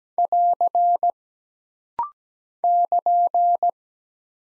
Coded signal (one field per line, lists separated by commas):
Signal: Morse code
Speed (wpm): 17 wpm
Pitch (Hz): 700 Hz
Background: none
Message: <AR> <KN>